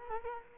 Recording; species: mosquito wingbeat signal from an infrared sensor; Culex quinquefasciatus